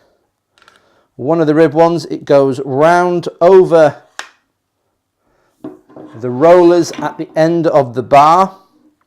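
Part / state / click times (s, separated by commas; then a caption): slider drive belt end into the locking mechanism on the slider bar / not seated / none. The end of a ribbed drive belt on an Edelkrone SliderPLUS 'M' Long camera slider is run over the rollers at the end of the slider bar and brought toward the locking mechanism, while someone talks throughout. A few faint brief handling sounds are heard around 0.6 s, with a sharper one at 4.2 s. The belt end has not yet locked into place and nothing has clicked by the end of the clip.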